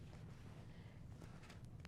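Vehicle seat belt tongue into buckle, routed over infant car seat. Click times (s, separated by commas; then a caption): 1.9 s. The vehicle's lap belt is routed through an infant car seat (Maxi-Cosi Mico XP / Mico XP Max, installed rear-facing without its base), and the metal tongue is pushed into the buckle on the opposite side. Over a steady low rumble and faint rustling, a small tick at 1.6 s is followed by a sharp click at 1.9 s as the tongue seats in the buckle.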